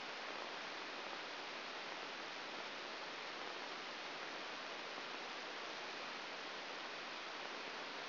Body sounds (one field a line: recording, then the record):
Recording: brain microelectrode recording played as sound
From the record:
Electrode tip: outside the subthalamic nucleus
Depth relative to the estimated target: -1 mm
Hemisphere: right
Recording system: AlphaMap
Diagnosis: Parkinson's disease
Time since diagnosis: 12 years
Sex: male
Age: 57 years